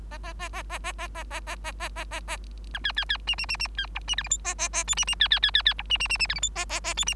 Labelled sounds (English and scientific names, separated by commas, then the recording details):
Bengalese Finch (Lonchura striata domestica) song
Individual Bird3